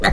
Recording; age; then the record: pig call; piglet (1 to 25 days)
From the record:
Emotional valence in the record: positive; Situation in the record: reunion after long isolation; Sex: male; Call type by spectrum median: low-frequency call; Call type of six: low-frequency tonal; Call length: 0.12 s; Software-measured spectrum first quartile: 303 Hz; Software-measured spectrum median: 955 Hz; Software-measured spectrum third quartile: 2208 Hz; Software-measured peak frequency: 29 Hz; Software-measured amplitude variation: 142 dB a second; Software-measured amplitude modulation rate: 12.5 a second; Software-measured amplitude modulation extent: 11.3 dB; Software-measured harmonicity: 1.9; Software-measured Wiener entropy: -1.94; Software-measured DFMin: 765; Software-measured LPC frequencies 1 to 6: 697, 1909, 3804, 4330, 6291, 7012 Hz